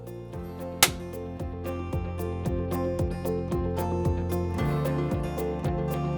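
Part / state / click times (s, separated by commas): humidifier top lid onto humidifier water chamber / seated / 0.8 s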